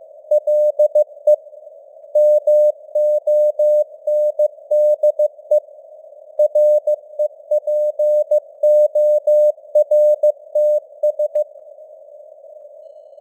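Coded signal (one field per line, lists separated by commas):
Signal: Morse code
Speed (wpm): 15 wpm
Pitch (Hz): 600 Hz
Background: none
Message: LE MONDE REPORTS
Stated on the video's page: Computer-generated 15 wpm Morse news headlines with simulated radio noise and varying signal strength (QSB).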